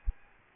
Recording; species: mosquito wingbeat signal from an infrared sensor; Aedes albopictus